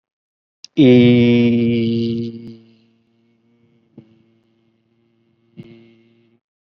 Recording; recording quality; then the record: sustained vowel as in beet; excellent, no background noise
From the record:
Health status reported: exposed to COVID-19, no respiratory illness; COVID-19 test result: not tested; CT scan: not taken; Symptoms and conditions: none ticked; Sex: male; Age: 23 years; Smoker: no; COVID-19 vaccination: both doses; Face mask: not worn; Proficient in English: yes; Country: India